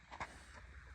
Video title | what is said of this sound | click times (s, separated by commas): Farm Truck Resurrection! Darin’s 1971 Chevrolet 350/4 Speed K20 - Part One | all right that's in | 0.2 s